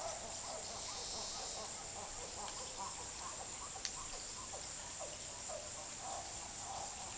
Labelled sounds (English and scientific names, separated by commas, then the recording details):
none
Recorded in pastures near Puerto Asís, Putumayo, Colombia, on 19 February 2024 at 16:00
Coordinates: 0.468, -76.328
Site G6414